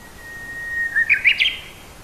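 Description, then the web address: Japanese bush warbler song: a long, drawn-out steady whistle, then a quick, rippling phrase of a few higher notes, with soft hiss behind. "hashiwa bird uguisu"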